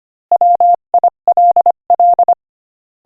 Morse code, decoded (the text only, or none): WILL